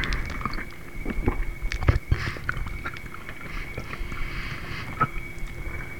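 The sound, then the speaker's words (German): Wet chewing and slurping as a father eats his small son's flesh and slurps the blood, with irregular crunchy clicks of rib bone and smacking bursts over a steady low hum, no voices. “Eine Rippe sticht in seine Speiseröhre. Er schlürft das Blut.”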